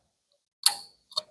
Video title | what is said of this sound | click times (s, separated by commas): How To Open The Gas Door On A 2024/2025 Subaru Crosstrek | So just that one click. | 0.7 s